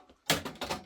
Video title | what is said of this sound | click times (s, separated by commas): Jeanne from A 1 Vacuum and Sewing Does OESD's Christmas Flight Tiling Scene Stitched On the Brother | And then I'm going to just give it a little wiggle. gentle until it clicks on. | 0.3 s